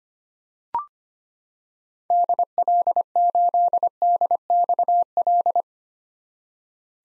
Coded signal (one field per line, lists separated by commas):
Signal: Morse code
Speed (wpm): 25 wpm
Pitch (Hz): 700 Hz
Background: none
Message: DL8DXL